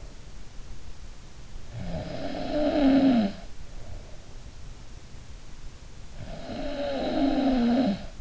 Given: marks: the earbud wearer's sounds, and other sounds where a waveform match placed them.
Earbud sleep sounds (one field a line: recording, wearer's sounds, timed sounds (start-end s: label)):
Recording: sounds in sleep by an in-ear microphone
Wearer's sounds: snoring breath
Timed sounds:
1.67-4.23 s: snoring breath
6.14-8.21 s: snoring breath